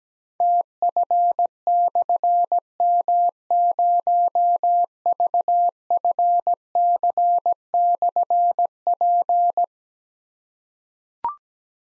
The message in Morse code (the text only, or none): TF/M0VFC/P